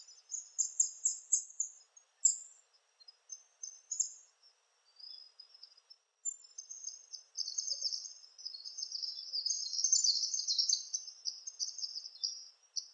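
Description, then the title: Palm tanager: a string of separate high chipped notes at first, then building into a busy, loud run of squeaky chattering calls. "Sanhaçu-do-coqueiro (Tangara palmarum)"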